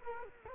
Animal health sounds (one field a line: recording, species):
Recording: mosquito wingbeat signal from an infrared sensor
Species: Culex quinquefasciatus